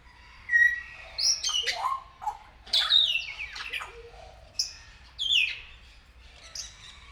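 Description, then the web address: Grey parrot giving clear whistles, some rising and some falling, mixed with hoarse squawks. Captive bird at a zoo in Nyíregyháza, 2019. "jako papagaj hosszabban nyiregyhaza"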